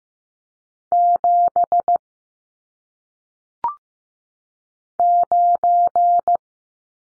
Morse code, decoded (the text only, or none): 7 9